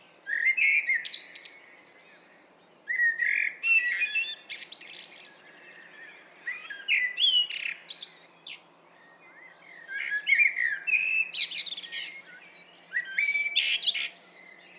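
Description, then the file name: Common blackbird song: a series of five phrases, low melodious warbles followed by high, squeaky flourishes, each separated by brief pauses. "Turdus merula"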